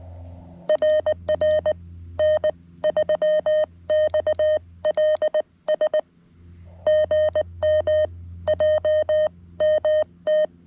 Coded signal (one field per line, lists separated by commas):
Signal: Morse code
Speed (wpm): 19 wpm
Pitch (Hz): 620 Hz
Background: none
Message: RR N3XLS GM JMT